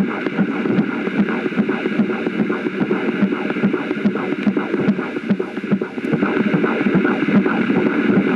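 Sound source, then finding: Fetus, through the mother's abdomen. Fetal heartbeat.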